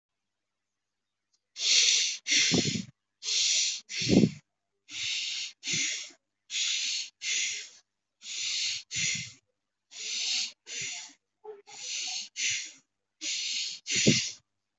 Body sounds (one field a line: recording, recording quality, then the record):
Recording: shallow breathing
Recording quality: moderate, slight background noise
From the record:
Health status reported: healthy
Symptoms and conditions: none ticked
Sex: male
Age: 43 years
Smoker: not ticked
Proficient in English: no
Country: India